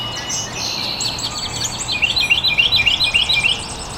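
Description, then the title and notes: Birds chirping: sustained high twittering, then a quick series of sharp, repeated chirps in the second half, over light background noise. Birds chirping very early in the morning in an estuary. "Birds Chirping in the Early Morning. Original sounds of birds chirping very early in the morning in an estuary"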